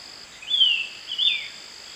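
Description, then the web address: Ringed antpipit song of two high, sharp whistled notes that slur downward, about 0.7 seconds apart, over a steady high insect drone. Eastern lowlands of South America. "Natures Songs S America Eastern Lowlands. Corythopis torquatus, song"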